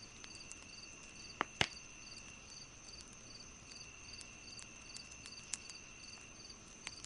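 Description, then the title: Cricket giving regular, rapid pulsed chirps, while a wood fire snaps with a few loud pops and softer crackles. Crickets chirping in the distance at night after sunset, beside a crackling wood fire. "Singing Crickets On A Cozy Night"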